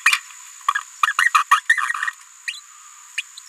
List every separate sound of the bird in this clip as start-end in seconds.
0.06-0.12, 1.07-1.13, 1.18-1.30, 1.34-1.43, 1.51-1.60, 2.48-2.53, 3.18-3.21